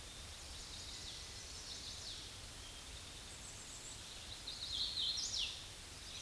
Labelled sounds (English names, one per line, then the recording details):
Hooded Warbler song
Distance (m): 45 m
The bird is about 10 m above the microphone
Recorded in a Pennsylvania forest on 16 May 2024 at 08:09
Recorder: AudioMoth, point MSD-2456
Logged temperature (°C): 16.4 °C
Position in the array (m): 174 m, 71 m